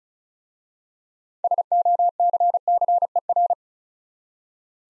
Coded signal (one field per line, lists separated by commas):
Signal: Morse code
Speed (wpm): 34 wpm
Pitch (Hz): 700 Hz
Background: none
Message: SOCCER